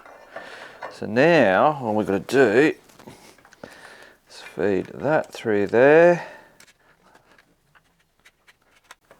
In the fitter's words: Boom, locks into place.